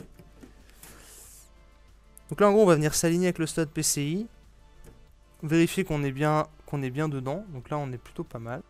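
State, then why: Not seated. A graphics card is lined up with the PCIe slot on a motherboard before being pushed fully home, with a few soft handling sounds near the start. Someone then talks while checking the alignment. The card is not yet fully inserted, and nothing has clicked yet.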